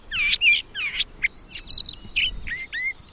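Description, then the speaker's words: Long-billed Thrasher song, a rambling run of varied musical phrases, slurred whistles and buzzy notes, each brief and changing. Intricate musical phrasing rambling forth from a thicket in South Texas in April. "the intricate musical phrasing of a long-billed thrasher rambles forth from a thicket."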